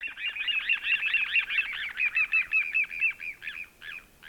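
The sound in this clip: Bird chirping calls: a fast, busy string of bright, clipped notes with some scratchy overlapping chirps, slowing and thinning out toward the end.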